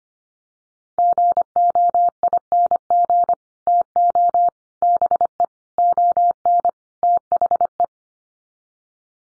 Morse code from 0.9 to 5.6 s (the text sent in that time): GOING TO BE